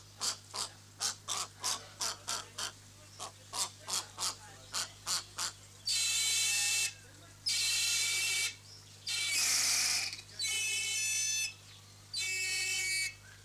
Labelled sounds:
Whistling Heron
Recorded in captivity
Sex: pair
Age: adult
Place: Zoo Berlin, Berlin, DE
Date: 2006-09-21 12:00
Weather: sonnig, 24°C
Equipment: Grundig CR 110, Sennheiser ME 80, Kopie Uher 4000 Report Monitor
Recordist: Tembrock, Günter

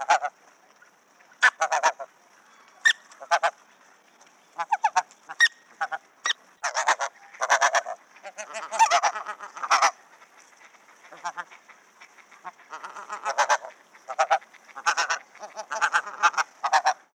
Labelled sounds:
Ross's Goose
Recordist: Tembrock, Günter
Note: Drohlaute

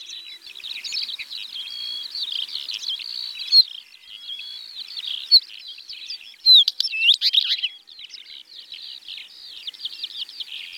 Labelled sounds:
Northern Wheatear song
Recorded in the wild
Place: Neuenwalde / Cuxhaven, Baden-Württemberg, DE
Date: 1985-05-22
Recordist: Schwarz, Dieter
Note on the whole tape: Song

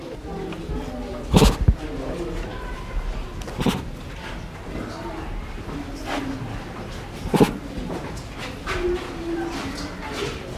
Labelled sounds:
Tiger
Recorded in captivity
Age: juvenile
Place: Zoo Eberswalde, Brandenburg, DE
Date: 2001-08-09 12:56
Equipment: Aiwa HD-S1, Sennheiser MKH 70
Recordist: Frommolt, Karl-Heinz
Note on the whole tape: 4 Wochen altes Jungtier: Laute auf Arm der Pflegerin. Prusten, Rufe, Maunzen

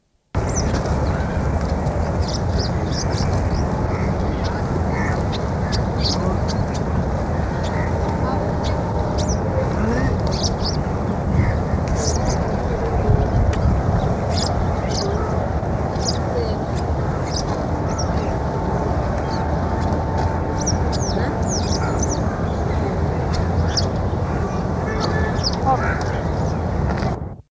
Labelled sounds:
Wire-tailed Swallow call
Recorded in the wild
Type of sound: call
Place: Am Zoo Delhi, IN
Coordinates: 28.6, 77.25
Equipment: Halbspur, 9,5 cm/s
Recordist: Lütgens, Hans
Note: Rufe

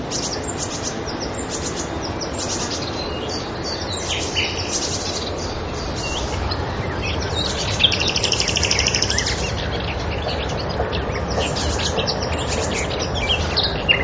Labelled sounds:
Eurasian Blue Tit call
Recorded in the wild
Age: adult
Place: Karower Teiche, Naturpark Barnim, Berlin, DE
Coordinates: 52.6222, 13.4597
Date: 1993-05-12
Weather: clear, 25°C
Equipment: Aiwa HD-S1, Sennheiser MKH 70
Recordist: Frommolt, Karl-Heinz

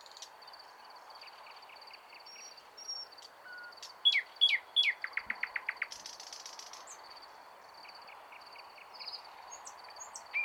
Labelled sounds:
Thrush Nightingale song
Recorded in the wild
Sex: male
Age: adult
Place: Wizna, Lomzynski Park Krajobrazowy Doliny Narwi, Podlaskie Voivodeship, PL
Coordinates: 53.1985, 22.411
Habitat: deciduous forest edge
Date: 2016-05-25 20:35
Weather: light cloud, no wind
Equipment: Marantz PMD660 recorder, Sennheiser ME67 directional microphone
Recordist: Souriau, Abel

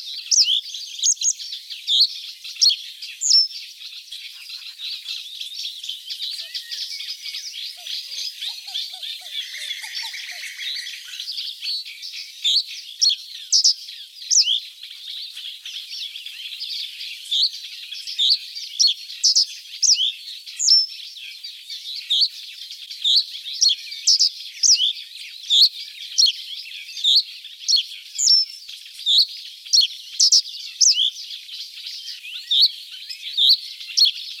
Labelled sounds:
Reed Bunting song
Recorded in the wild
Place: Flögelner See, Schleswig-Holstein, DE
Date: 1981-06-08
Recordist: Schwarz, Dieter

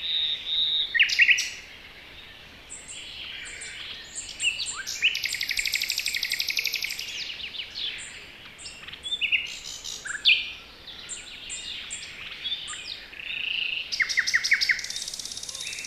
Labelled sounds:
Common Nightingale song
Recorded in the wild
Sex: male
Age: adult
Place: Hobrechtsfelder Rieselfelder, Naturpark Barnim, Brandenburg, BZ
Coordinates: 52.6739, 13.5011
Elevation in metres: 65
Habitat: poplar forest
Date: 2014-05-04
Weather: cloudy, 5°C, weak wind
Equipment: Sound Devices 702, Sennheiser MKH 70, Rycote Windschutz
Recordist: Frommolt, Karl-Heinz

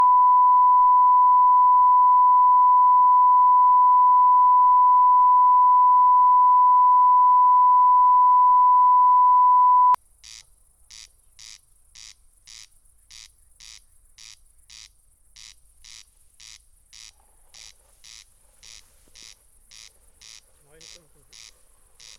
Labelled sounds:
Corn Crake song
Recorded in the wild
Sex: male
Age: adult
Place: Schwedt/Oder, Nationalpark Unteres Odertal, Brandenburg, DE
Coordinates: 53.0381, 14.2905
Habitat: meadow
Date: 2021-07-16 00:06
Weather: 16°C, 99% humidity, almost windless
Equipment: Edirol R44, Microtech Gefell MK 250/MV220
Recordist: Frommolt, Karl-Heinz
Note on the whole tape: Polder B: calibrated recording of a corncrake. Distance 26.87 m estimated using a line array (recording

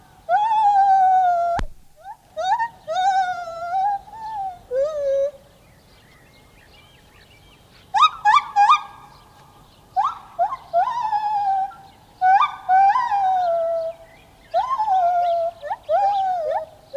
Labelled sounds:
Lar Gibbon song
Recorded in captivity
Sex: male
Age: diverse
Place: Tierpark Berlin, Berlin, DE
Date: 1981-04-18
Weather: sonnig 1°C
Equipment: Nagra SN, Kopie Uher 4200
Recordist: Tembrock, Günter

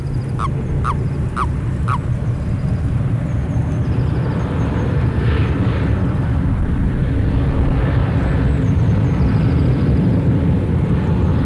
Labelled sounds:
Common Toad call
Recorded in the wild
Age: adult
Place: Malchower Aue, Berlin, DE
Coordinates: 52.5808, 13.4886
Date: 1990-03-18 11:30
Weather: Luft 22°C, Wasser 10°C
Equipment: Riporter 6 RG-K, Halbspur, Sennheiser MKH 416 T
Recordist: Frommolt, Karl-Heinz

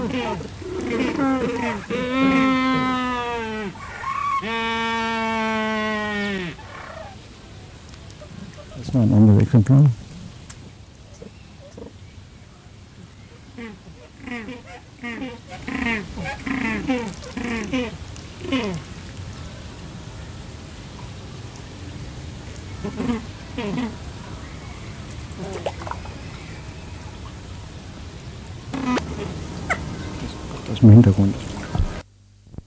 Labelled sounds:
Humboldt Penguin call
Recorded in captivity
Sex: pair
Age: adult
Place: Zoo Berlin, Berlin, DE
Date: 2005-08-10 17:24
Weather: heiter, 17°C
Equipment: Sony WM-D6C, Sennheiser ME 80, Kopie Uher 4000 Report Monitor
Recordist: Tembrock, Günter

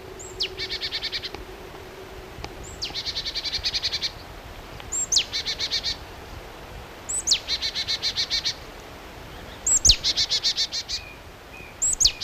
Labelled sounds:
Marsh Tit call
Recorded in the wild
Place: Knoten, DE
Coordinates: 50.6033, 8.1675
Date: 1964-03-30 16:30
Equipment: Uher Report 4000, AKG D190
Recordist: Krey, Winfried
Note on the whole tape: Rufe

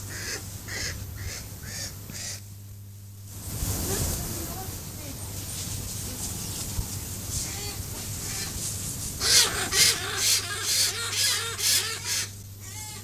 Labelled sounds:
Mountain Caracara call
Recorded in captivity
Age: subadult
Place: Zoo Halle, Sachsen-Anhalt, DE
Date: 2005-10-10 11:33
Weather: bedeckt, 10°C
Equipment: Panasonic RQ-2102, Sennheiser ME 80, Kopie Uher 4000 Report Monitor
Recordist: Tembrock, Günter

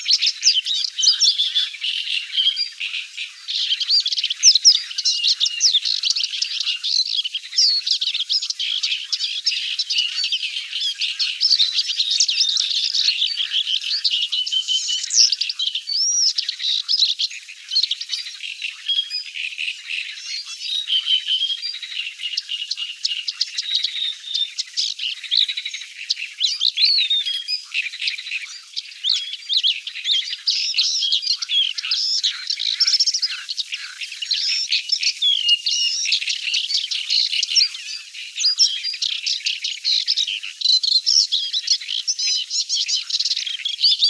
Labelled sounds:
Paddyfield Warbler song
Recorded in the wild
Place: Astrachan/Kalmückensteppe, Kalmykia, RU
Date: 1993-05-27
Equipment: Dat-Recorder Casio DA 7, Telinga DAT, Telinga-Parabolspiegel
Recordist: Schwarz, Dieter
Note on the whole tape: Song

